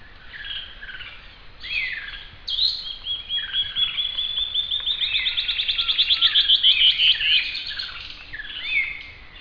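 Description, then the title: Bird song, a varied series of high whistled and chirping notes building into a fast, regular trill of repeated notes, then a few scattered chirps. "LuckyPassaro Completos2Sama"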